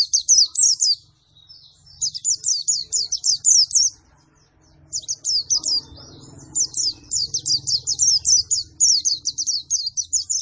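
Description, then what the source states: White-eye song: rapid bursts of high, sharp chirping notes in quick runs, pausing briefly around one and four seconds, with faint low rumbling in the background. Energetic 'gacor' singing after being doped with Metabolis and You C 1000.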